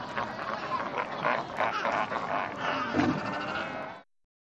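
Seal or sea lion calling in a dense chorus, harsh overlapping bleats and barks running without pause for about four seconds before stopping abruptly.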